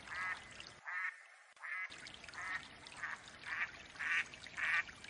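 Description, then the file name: Mallard quacking, about eight nasal quacks spaced roughly every half second to second, with a brief drop in low background sound near the start. Female mallard hen quacking. "Mallard duck quacking call sounds Female Hen"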